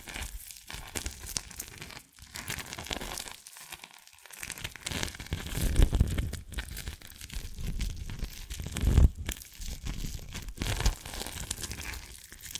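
Dalgona candy being tapped and cracked, a dense run of crisp crackling and crinkling that carries on through the clip with brief gaps near 2 and 4 seconds. Heavier thumping taps stand out around 6 and 9 seconds, with sharp snaps scattered between.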